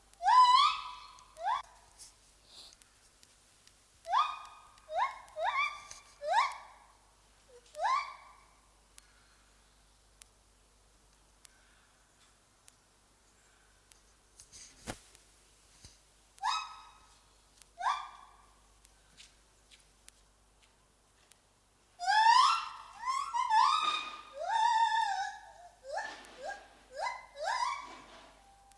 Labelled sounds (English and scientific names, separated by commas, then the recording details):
Lar Gibbon (Hylobates lar) call
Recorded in captivity
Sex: pair
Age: adult
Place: Tiergarten Nürnberg, Bayern, DE
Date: 1998-11-13
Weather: bedeckt, ca. 2 bis 3°C
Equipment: Sony MD-WM MZ-R3, Sennheiser MKH 416 T, Kopie Uher 4000 Report Monitor
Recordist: Tembrock, Günter